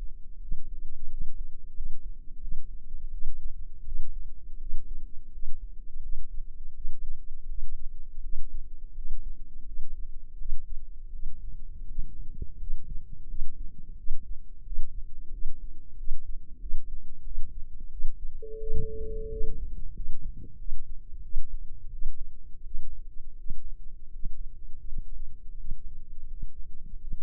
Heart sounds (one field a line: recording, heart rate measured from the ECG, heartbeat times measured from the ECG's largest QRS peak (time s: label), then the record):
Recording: heart sounds by microphone in the left ear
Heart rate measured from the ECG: 86 bpm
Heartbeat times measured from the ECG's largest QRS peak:
0.40 s: heartbeat
1.09 s: heartbeat
1.73 s: heartbeat
2.40 s: heartbeat
3.11 s: heartbeat
3.83 s: heartbeat
4.58 s: heartbeat
5.31 s: heartbeat
6.01 s: heartbeat
6.73 s: heartbeat
7.47 s: heartbeat
8.21 s: heartbeat
8.93 s: heartbeat
9.65 s: heartbeat
10.37 s: heartbeat
11.10 s: heartbeat
11.86 s: heartbeat
12.58 s: heartbeat
13.27 s: heartbeat
13.96 s: heartbeat
14.63 s: heartbeat
15.30 s: heartbeat
15.96 s: heartbeat
16.59 s: heartbeat
17.23 s: heartbeat
17.90 s: heartbeat
18.58 s: heartbeat
19.30 s: heartbeat
19.93 s: heartbeat
20.57 s: heartbeat
21.22 s: heartbeat
21.90 s: heartbeat
22.62 s: heartbeat
23.36 s: heartbeat
24.10 s: heartbeat
24.83 s: heartbeat
25.56 s: heartbeat
26.27 s: heartbeat
26.98 s: heartbeat
From the record:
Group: healthy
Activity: rest 0-21 s, breath hold 21-27 s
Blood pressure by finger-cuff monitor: 114/62 mmHg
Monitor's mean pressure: 82 mmHg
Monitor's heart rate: 83 bpm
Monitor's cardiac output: 7.8 L/min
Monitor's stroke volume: 93 mL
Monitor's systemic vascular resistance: 760 dyn s/cm5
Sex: female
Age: 24 years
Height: 163 cm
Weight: 55.7 kg